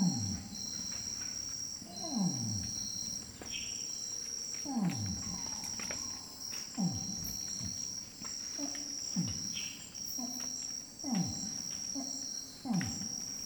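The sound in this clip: Orangutan long call: a series of falling, bellowing pulses repeated throughout, over a continuous shrill insect chorus.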